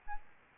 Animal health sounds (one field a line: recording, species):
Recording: mosquito wingbeat signal from an infrared sensor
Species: Aedes albopictus